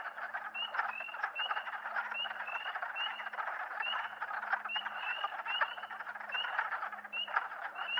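Spring peepers giving scattered rising peeps, a few every second, over a dense frog chorus and a faint low hum.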